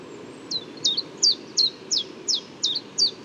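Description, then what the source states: Common chiffchaff repeating eight clear, high, descending notes in an even rhythm, close to three per second, above a low steady rumble. Newly arrived migrant male, not yet paired with females; morning, Bois de Vincennes, 6 April 2018.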